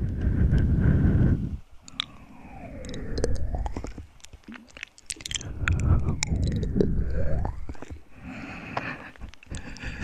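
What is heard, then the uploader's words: Ear massage and mouth sounds: soft rubbing swells in long waves, building to dense muffled rumbles around the start, middle and near seven seconds, with sweeping whooshes between. Wet clicks, smacks and squishy pops scatter throughout, clustering in the quieter stretches. Ear Massage & Mouth Sounds.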